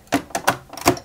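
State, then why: Seated. A plastic upper body shell is pressed onto the lugs of a 1/8 scale Lotus Renault 97T model car chassis. Short sharp plastic clicks and taps are heard, with the two clips snapping home at 0.5 s and 0.9 s. The body shell is seated.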